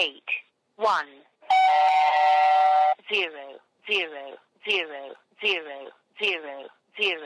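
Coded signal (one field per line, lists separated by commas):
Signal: numbers station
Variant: English, female voice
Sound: a voice says one digit, a steady buzzy tone plays, then six evenly spaced spoken zeros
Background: telephone line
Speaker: a female voice proceeds to read out five figure groups of numbers just like the Lincolnshire poacher did finally you hear the tone a string of zeros another tone and then the line goes dead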